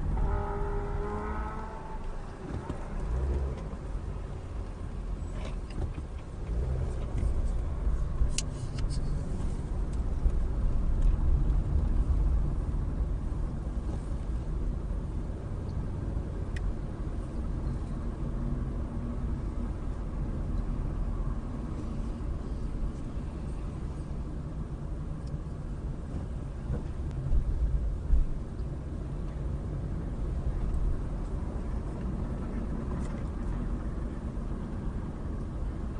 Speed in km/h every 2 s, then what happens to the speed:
5, 8, 6, 11, 18, 19, 18, 19, 24, 24, 23, 18, 16, 15, 19, 23, 23, 21.
0-9 speeds up to 19. 13-16 speeds up to 24. 19-25 slows to 15. 25-30 speeds up to 23. 30-36 steady at about 23.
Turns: none.